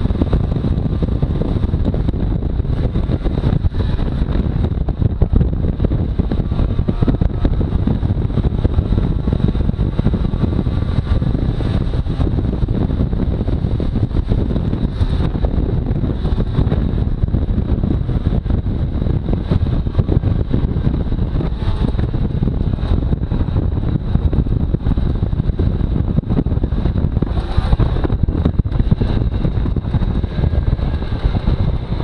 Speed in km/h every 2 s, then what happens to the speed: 56, 51, 51, 54, 56, 57, 55, 52, 50, 48, 43, 39, 37, 34, 25, 10.
0-11 steady at about 54. 11-32 slows to 10.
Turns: none.